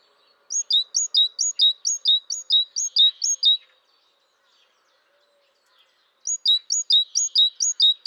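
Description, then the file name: Great tit song: rhythmic, high two-part notes repeated many times, a silent gap, then a second run. "Parus major"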